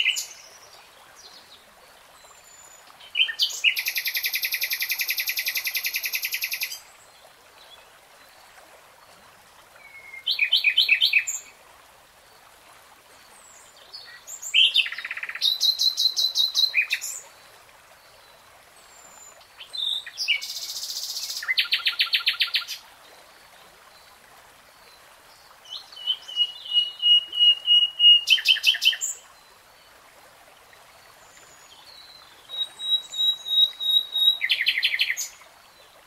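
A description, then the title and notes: A nightingale sings in separate phrases every few seconds, each a burst of rapid buzzy trills, pure whistles or accelerating repeated notes, high and bright. Short silences fall between phrases, with only a faint quiet hiss beneath. Tiếng chim hót 3 Hours REALTIME Nightingale Singing.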